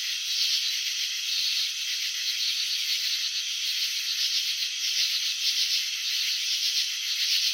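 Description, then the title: Chirping crickets heard as a constant high, grainy trill with faint rhythmic throbbing and no background noises. Crickets filmed in slow motion while chirping, showing wing vibrations and antenna movements. "Crickets in Slow Motion. Capturing the Elegance of Chirping"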